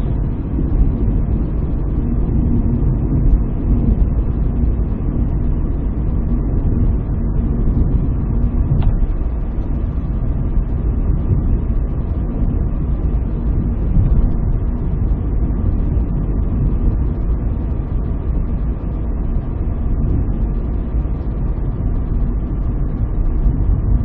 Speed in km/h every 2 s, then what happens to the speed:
66, 66, 65, 65, 65, 65, 65, 65, 65, 65, 65, 65.
0-24 steady at about 65.